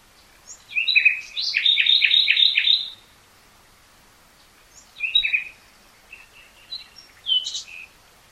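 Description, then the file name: Common nightingale song: a loud phrase of rapid repeated notes, followed after a pause by shorter scattered chirps and whistles. "Luscinia megarhynchos"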